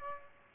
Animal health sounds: mosquito wingbeat signal from an infrared sensor; Aedes aegypti

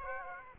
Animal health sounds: mosquito wingbeat signal from an infrared sensor; Aedes aegypti

